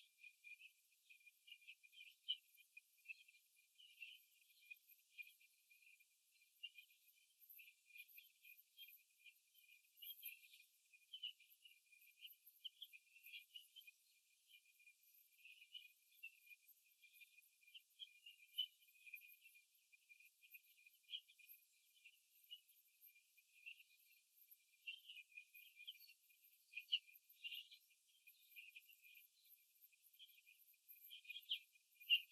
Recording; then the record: young laying hens in a cage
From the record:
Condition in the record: before the stressor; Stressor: simulated dog barking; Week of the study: 2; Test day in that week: 3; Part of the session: 1